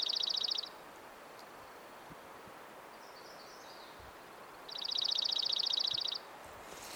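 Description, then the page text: Dark-eyed junco trill: a fast, even, dry trill of identical notes, heard at the start and again for about a second and a half later, with quiet background hiss. "Атлас птиц - Серый юнко. Junco hyemalis"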